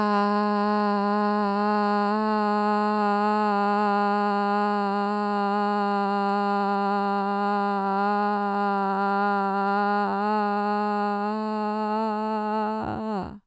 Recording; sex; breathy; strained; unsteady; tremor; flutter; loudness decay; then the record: sustained vowel /a/; female; absent; absent; present; absent; absent; absent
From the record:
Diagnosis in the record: Parkinson's disease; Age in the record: 54 years